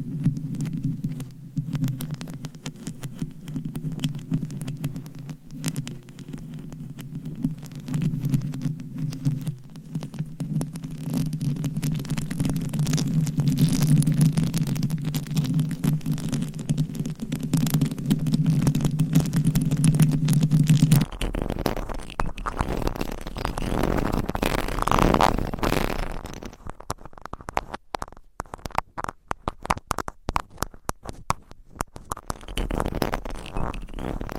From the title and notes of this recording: ASMR Scratching & Tapping for People Who Get Bored Easily No Talking for Sleep with Long Nails.